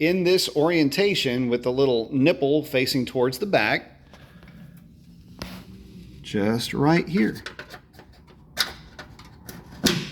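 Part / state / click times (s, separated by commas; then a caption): J-clip onto the fender liner mounting point on a pickup body / seated / 8.6 s, 9.9 s. A metal J-clip for the inner fender liner on an F-150 pickup is pushed onto the truck body's mounting point, with its little nipple facing toward the back. Someone talks first, then after a quiet stretch with faint handling noises, sharp clicks at 8.6 s and 9.9 s mark the clip popping into place. It is seated, just like a factory J-clip.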